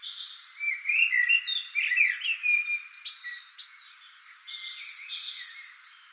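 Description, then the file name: Common blackbird song: low, mellow fluted warbles that rise and fall, ending in thin high squeaky twitters, with another bird's short high notes repeated in the background. "Turdus merula"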